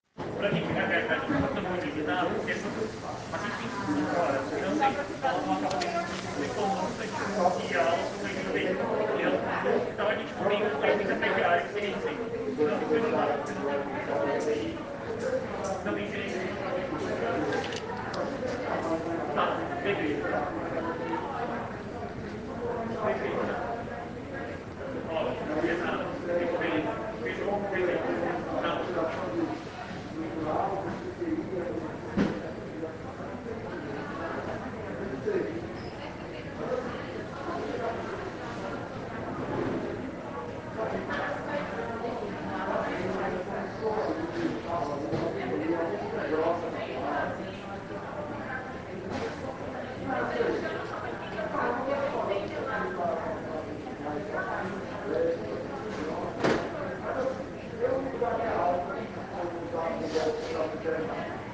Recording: hospital ward noise